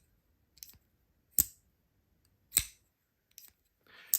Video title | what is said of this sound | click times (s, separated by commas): Full Ti QSP Penguin Full Review | it clicks it clicks every time you disengage | 1.4 s, 2.6 s, 4.1 s